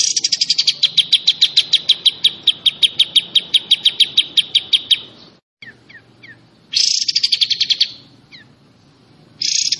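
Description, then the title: Pied Triller song: a long run of sharp, evenly repeated high pulses, a pause with soft chirps, then more dense buzzy rattles. Song in the besetan style. "Besetan Kapas Tembak. Kapas Tembak Ini Besetannya Parah Kawan"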